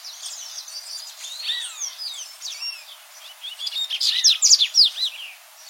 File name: Canto do Papa capim de costas cinzas